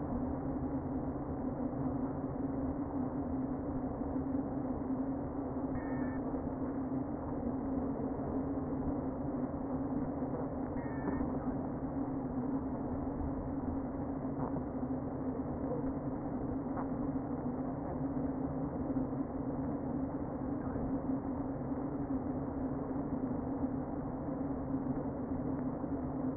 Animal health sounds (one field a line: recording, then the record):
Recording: honeybee colony, microphone inside the hive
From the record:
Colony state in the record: queen present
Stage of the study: before two queens were removed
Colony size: about 60,000 bees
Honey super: yes